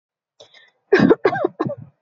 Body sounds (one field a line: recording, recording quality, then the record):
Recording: shallow voluntary cough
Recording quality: excellent, no background noise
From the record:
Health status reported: healthy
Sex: female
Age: 21 years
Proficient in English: yes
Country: India